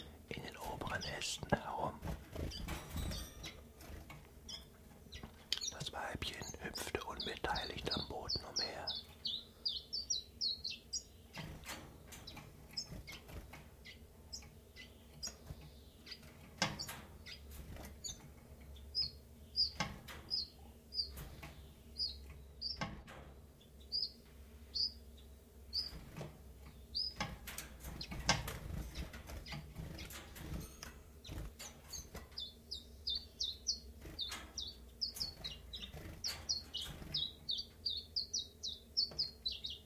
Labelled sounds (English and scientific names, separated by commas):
Common Chiffchaff (Phylloscopus collybita)